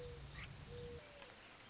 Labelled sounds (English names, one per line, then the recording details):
Mourning Dove
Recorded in Sonoma County, California